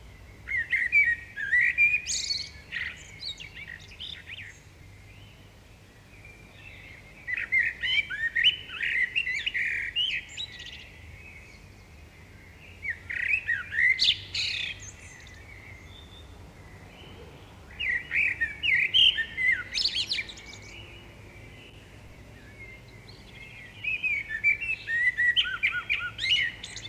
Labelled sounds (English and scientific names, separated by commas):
Common Blackbird (Turdus merula) song